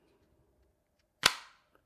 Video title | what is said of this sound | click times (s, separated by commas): The Werkz M6 IWB Holster | You hear that click? That's what you want to hear when it comes to your holster. | 1.3 s